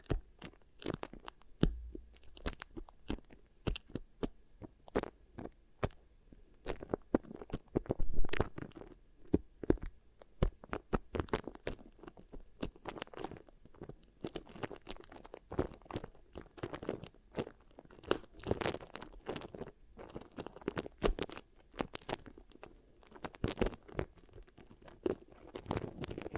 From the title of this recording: Really Nice Beeswax Ear Triggers